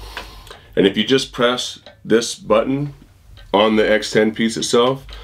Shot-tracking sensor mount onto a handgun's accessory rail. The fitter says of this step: slide the tapered in towards the trigger guard and it should lock into place just like that